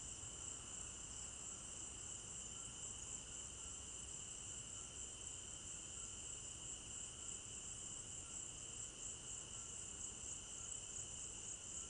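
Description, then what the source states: Crickets in a steady night chorus, a dense high shimmering trill with a second continuous band lower down, unbroken throughout; faint low rumble beneath. Crickets at night in an African village garden; stereo binaural recording.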